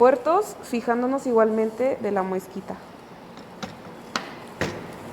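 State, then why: Seated. A SATA data cable from a hard drive is pushed into a motherboard SATA port, lined up by its L-shaped key, while someone talks. After the talking stops, a sharp click is heard at about 4.2 seconds, with softer knocks around it. The cable is seated, and the hard drive is installed and connected to the motherboard.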